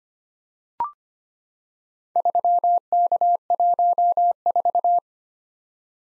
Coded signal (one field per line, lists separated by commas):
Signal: Morse code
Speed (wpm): 25 wpm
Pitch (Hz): 700 Hz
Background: none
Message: 3K14